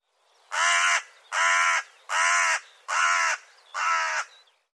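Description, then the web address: Bird calls: five harsh, grating caws in a regular series, each lasting about half a second with short pauses between. "cianscape birddata Deverinetal"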